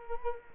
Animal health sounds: mosquito wingbeat signal from an infrared sensor; Culex quinquefasciatus

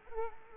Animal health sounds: mosquito wingbeat signal from an infrared sensor; Culex quinquefasciatus

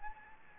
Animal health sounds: mosquito wingbeat signal from an infrared sensor; Anopheles gambiae

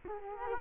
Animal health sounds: mosquito wingbeat signal from an infrared sensor; Culex quinquefasciatus

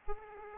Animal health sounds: mosquito wingbeat signal from an infrared sensor; Aedes aegypti

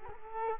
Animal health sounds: mosquito wingbeat signal from an infrared sensor; Culex quinquefasciatus

